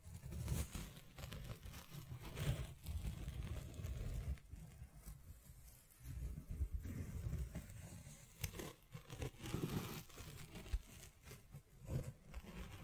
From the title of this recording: Scratching, Tracing, Tapping